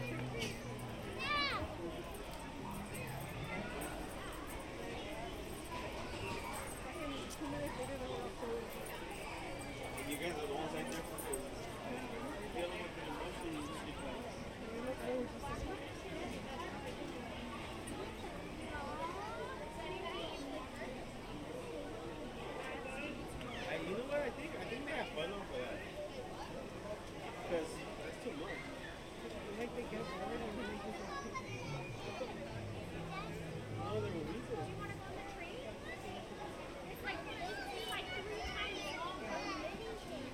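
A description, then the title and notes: A crowded theme park area, filled with a steady mix of overlapping voices from people talking. The crowd murmur stays dense and even throughout, with occasional brighter exclamations and light clacking footsteps. Mickey's Toon Town, Disneyland Binaural Recording. In this episode, we go on another audio adventure through Disneyland Park in Anaheim, California. This time we stroll through Mickey's Toon Town just days before they were scheduled to shut down for a year of maintenance and refurbishment.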